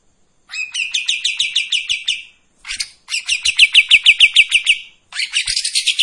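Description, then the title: Streak-eared bulbul song of rapid rattling notes in runs of nearly two seconds, a brief rough note between them, the runs steady in pitch. Actively singing bird giving long tembakan and besetan song phrases; clear audio meant as master audio for training white-rumped shamas. "KAPAS TEMBAK GACOR TEMBAKAN DAN BESETAN PANJANG AUDIO KERNIH COCOK UNTUK MASTERAN MURAI BATU"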